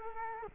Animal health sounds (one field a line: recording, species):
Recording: mosquito wingbeat signal from an infrared sensor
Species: Culex quinquefasciatus